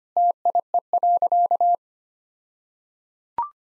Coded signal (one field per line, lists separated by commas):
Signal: Morse code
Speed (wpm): 25 wpm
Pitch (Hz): 700 Hz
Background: none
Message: TIE.